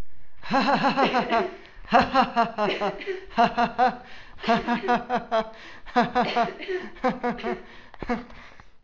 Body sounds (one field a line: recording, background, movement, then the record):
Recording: laughter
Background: a bystander coughing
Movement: sitting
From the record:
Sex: male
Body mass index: 20.6 kg/m2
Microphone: on the chest, facing outward